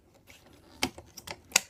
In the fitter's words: we go and that clicks in place on there like